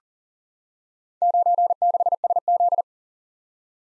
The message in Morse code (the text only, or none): 96SZ